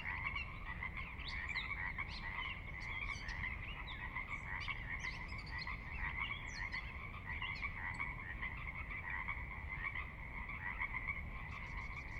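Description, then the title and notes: Chorus of Pacific Chorus Frogs, a thick layered wall of repeated croaks with occasional sharper higher calls standing out, and steady low water rumble underneath. Recorded at midnight on the valley floor of Sinlahekin Valley, Sinlahekin Wildlife Area, Washington, glacier-dug trench near the Cascades' northeastern slope; distant water spillage in background; unprocessed raw recording. "Sinlahekin Valley midnight. the ever-present Pacific Chorus Frogs that are a fixture of the Northwest Soundscape"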